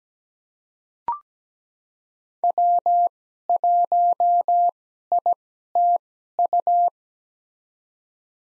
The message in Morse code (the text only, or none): W1ITU